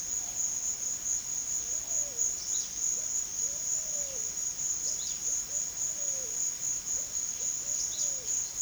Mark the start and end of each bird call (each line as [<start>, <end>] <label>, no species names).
[0.06, 8.36] bird call